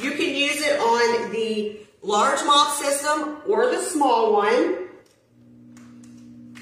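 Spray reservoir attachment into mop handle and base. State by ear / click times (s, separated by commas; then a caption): not seated / none. A plastic spray attachment, a water reservoir, is handled next to a mop handle and base assembly, ready to be pushed on until it clicks. Someone talks for about five seconds, and then faint handling sounds come through a low steady hum. Nothing has seated or clicked yet.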